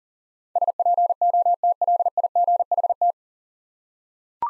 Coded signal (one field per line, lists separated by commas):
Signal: Morse code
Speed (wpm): 37 wpm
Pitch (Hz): 700 Hz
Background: none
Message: SPOTLIGHT